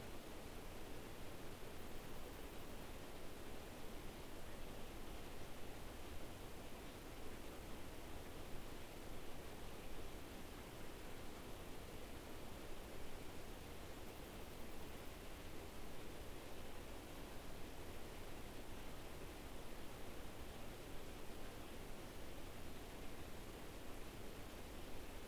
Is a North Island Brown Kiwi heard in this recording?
no